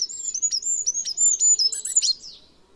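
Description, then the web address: Bird chirping in a rapid string of high, thin notes that crowd together and end in a brief jumble. "Bird Only"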